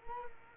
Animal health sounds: mosquito wingbeat signal from an infrared sensor; Culex quinquefasciatus

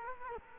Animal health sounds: mosquito wingbeat signal from an infrared sensor; Culex quinquefasciatus

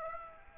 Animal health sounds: mosquito wingbeat signal from an infrared sensor; Aedes aegypti

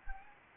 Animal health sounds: mosquito wingbeat signal from an infrared sensor; Anopheles gambiae

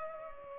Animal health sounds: mosquito wingbeat signal from an infrared sensor; Culex pipiens

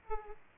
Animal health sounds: mosquito wingbeat signal from an infrared sensor; Aedes aegypti

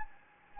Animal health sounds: mosquito wingbeat signal from an infrared sensor; Anopheles gambiae

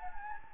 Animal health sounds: mosquito wingbeat signal from an infrared sensor; Anopheles gambiae

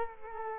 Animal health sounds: mosquito wingbeat signal from an infrared sensor; Culex quinquefasciatus

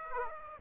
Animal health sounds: mosquito wingbeat signal from an infrared sensor; Aedes aegypti

